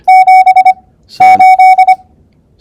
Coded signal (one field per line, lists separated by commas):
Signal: Morse code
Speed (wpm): 25 wpm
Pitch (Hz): 750 Hz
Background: none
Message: 78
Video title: Ultimatic Squeeze Keying